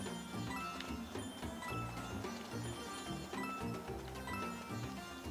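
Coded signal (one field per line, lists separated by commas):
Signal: none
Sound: game music jingle beeps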